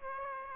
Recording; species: mosquito wingbeat signal from an infrared sensor; Aedes aegypti